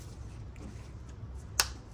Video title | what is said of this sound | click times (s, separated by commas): GE Dishwasher Not Washing - Stuck In Drain - Constant Drain - FTD Error Code -Easy Fast Repair | All right, that's one click. Got to hear another click. Listen. | 1.6 s